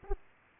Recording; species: mosquito wingbeat signal from an infrared sensor; Aedes aegypti